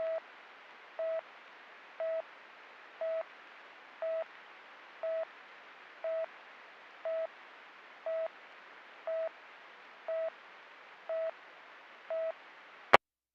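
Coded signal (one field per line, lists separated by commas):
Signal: none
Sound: police radio channel beeps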